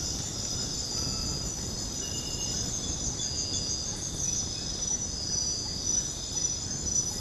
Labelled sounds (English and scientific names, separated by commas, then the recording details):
none
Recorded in secondary vegetation near Puerto Asís, Putumayo, Colombia, on 19 February 2024 at 02:00
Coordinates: 0.468, -76.324
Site G6381